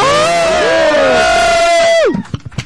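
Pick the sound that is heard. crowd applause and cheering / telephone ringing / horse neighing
crowd applause and cheering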